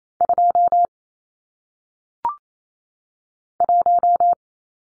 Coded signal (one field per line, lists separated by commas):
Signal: Morse code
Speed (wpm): 28 wpm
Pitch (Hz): 700 Hz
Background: none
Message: 2 1